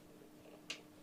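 A 24-pin ATX power plug is pushed into the motherboard header so its clip slides under the latch. Over a quiet, steady low hum, one short, sharp click sounds at 0.7 s, and the connector latches and is seated.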